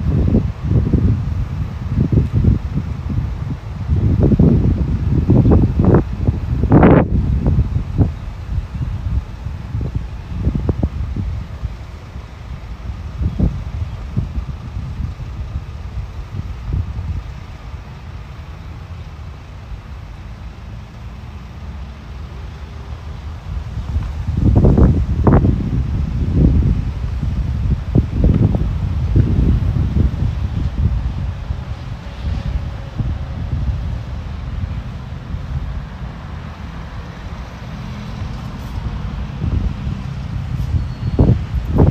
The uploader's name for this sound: Walking In Modiin, Israel